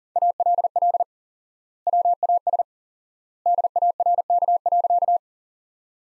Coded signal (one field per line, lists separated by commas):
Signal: Morse code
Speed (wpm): 40 wpm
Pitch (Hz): 700 Hz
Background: none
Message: ALL WAS DARK.